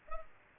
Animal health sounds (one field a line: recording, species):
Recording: mosquito wingbeat signal from an infrared sensor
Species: Culex pipiens